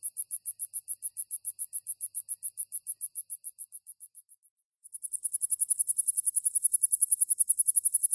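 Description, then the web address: Sword-bearing conehead song: a rapid, very high-pitched pulsing buzz repeated steadily, pausing briefly near the middle before resuming faster and denser. "The Songs of Insects Sword-bearing Conehead"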